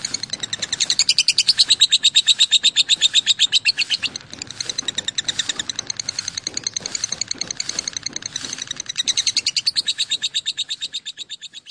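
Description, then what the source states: Lovebird chattering song: fast, shrill pulsed notes strung in long runs, briefly pausing then resuming, fading at the end. Song style called konslet.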